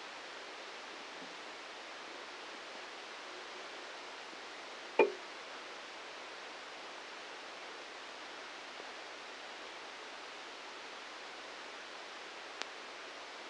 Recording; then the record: brain microelectrode recording played as sound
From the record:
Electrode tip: inside the subthalamic nucleus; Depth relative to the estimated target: 1 mm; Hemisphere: right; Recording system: NeuroSet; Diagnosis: Parkinson's disease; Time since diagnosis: 19 years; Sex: female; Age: 69 years